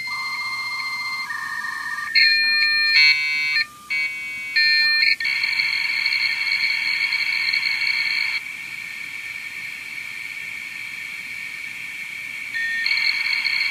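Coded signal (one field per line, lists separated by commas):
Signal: dial-up modem handshake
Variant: 56k (V.90)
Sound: steady tones, then warbling tone bursts and a long bright carrier hiss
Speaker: type in the number which is already typed in as you can see so we will go ahead and connect all right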